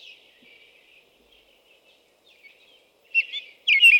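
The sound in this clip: American robin song: faint warbled phrases near the start, then two louder, clear caroling phrases at the end.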